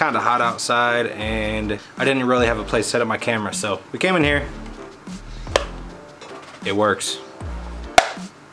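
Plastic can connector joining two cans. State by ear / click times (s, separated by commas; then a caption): seated / 8.0 s. Two cans are pressed together with a plastic can-joining connector while someone talks over background music. The connector snaps shut with a sharp, solid click at 8.0 s, seating the cans firmly together.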